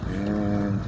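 A metal/plastic retaining clip on the engine air filter housing lid of a 2017-2020 Hyundai Elantra is being handled toward the air box, with a steady low harmonic hum and no sharp transients. Nothing has seated or clicked yet; the clip has not snapped shut by the end.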